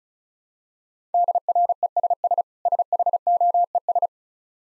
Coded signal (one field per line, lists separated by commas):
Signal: Morse code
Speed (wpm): 36 wpm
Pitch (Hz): 700 Hz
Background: none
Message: DRESS SHOES